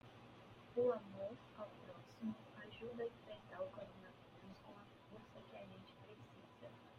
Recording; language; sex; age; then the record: spoken sentence; Brazilian Portuguese; female; 30 to 39 years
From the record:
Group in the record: control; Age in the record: 30 years